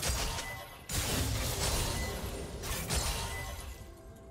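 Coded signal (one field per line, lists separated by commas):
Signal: none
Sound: game sound effects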